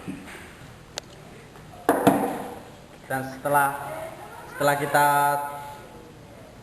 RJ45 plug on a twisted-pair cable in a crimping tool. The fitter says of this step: Lalu kita tekan sampai bunyi